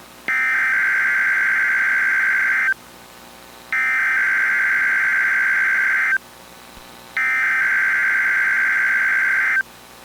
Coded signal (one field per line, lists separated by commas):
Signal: Emergency Alert System (SAME) tones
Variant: header bursts